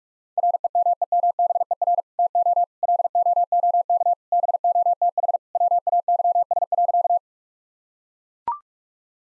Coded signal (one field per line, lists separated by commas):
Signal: Morse code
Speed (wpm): 42 wpm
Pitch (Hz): 700 Hz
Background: none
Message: REMEMBER TO LOOK BOTH WAYS.